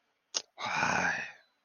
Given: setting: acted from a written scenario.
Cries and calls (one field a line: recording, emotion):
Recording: vocal sound without words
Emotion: guilt